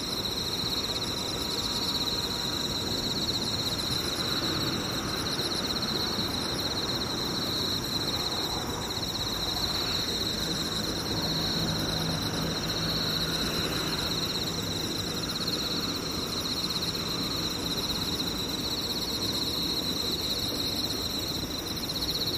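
Insects buzz in a steady, unbroken high whine throughout, over a constant low rumble, with a faint hum appearing midway.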